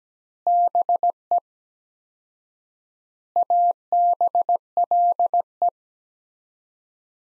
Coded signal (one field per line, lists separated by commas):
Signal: Morse code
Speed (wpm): 17 wpm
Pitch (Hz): 700 Hz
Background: none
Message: BE ABLE